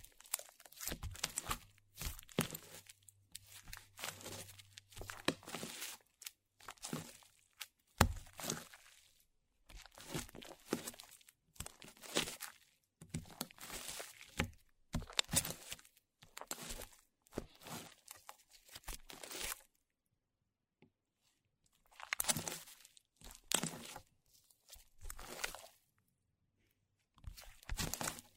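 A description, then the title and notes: Slime being squeezed and pulled, with wet crackling and popping bursts that come in irregular clusters of a second or two, separated by short silences. A faint low hum sits underneath near the start, and the sounds are crisp. 史萊姆｜Slime.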